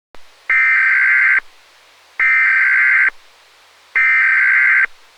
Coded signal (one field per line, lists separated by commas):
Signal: Emergency Alert System (SAME) tones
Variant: header bursts